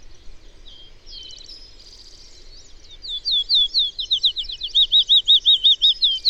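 Bird song opening with soft high twitters and a buzzy trill, then building into loud, rapid, repeated looping notes.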